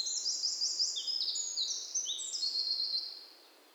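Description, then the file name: Eurasian wren song: a rapid, high-pitched run of sharp trills and chattering notes, shifting pitch between phrases, then stopping. "Troglodytes troglodytes"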